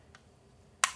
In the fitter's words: and it just has a gate that opens and clicks back in.